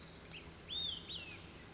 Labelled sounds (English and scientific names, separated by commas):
Olive-sided Flycatcher (Contopus cooperi)